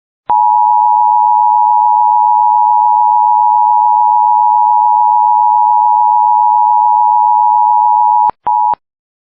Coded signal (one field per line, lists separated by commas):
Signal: Emergency Alert System (SAME) tones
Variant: 853 and 960 Hz attention tone